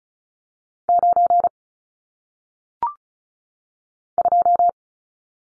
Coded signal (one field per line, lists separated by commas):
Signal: Morse code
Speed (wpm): 36 wpm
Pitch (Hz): 700 Hz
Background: none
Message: 9 2